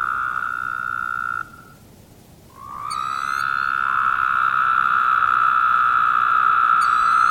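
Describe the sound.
Woodhouse's toad calls, long nasal buzzy drones: one ends after about one and a half seconds, then after a short silence a rising buzz begins and holds steadily for nearly five seconds.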